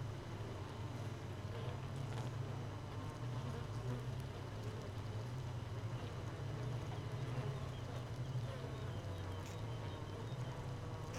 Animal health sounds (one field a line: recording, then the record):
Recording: honeybee colony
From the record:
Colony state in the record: missing queen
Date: 31 May 2018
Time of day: 4:40